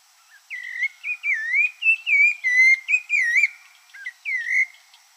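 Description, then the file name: Rufous-bellied thrush song: a run of clear whistled phrases, some rising and some falling, given in quick succession with brief gaps, in a quiet setting. "Sabiá-laranjeira"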